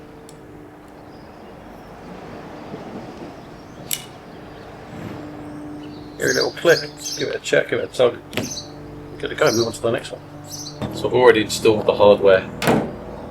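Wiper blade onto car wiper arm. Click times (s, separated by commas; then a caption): 3.9 s. A new wiper blade is hooked onto the wiper arm of a BMW 1 Series, and its two pinch arms are slotted in until they seat with a little click at 3.9 seconds. The blade is then tugged to check that it is secure, with low background noise throughout and someone talking in the second half.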